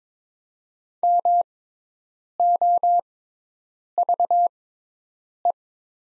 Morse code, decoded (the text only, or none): MOVE